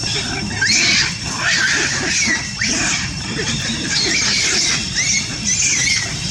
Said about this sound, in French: Des cris de macaque, car c'est en étudiant le cerveau de ce singe que des chercheurs américains auraient découvert, alors je mets des guillemets, la zone de la conscience dans le cerveau.